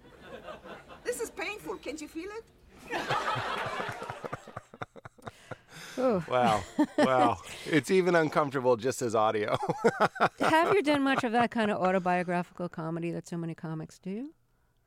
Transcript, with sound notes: This is painful. Can't you feel it?
(LAUGHTER)
Oh, wow. Wow. It's even uncomfortable just as audio (laughter).
Have you done much of that kind of autobiographical comedy that so many comics do?